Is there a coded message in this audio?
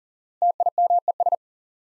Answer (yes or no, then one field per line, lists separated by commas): yes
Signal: Morse code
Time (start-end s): 0.4-1.4 s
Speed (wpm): 37 wpm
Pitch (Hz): 700 Hz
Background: none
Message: TIMES